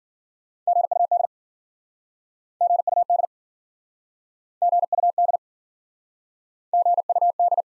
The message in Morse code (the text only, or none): GUD GUD GUD GUD